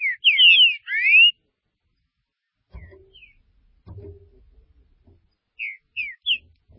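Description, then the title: Green-winged saltator singing a rapid burst of four bright slurred whistles, then low knocking thumps, then three more short whistled notes. "Trinca Ferro"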